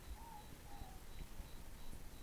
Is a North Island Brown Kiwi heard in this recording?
no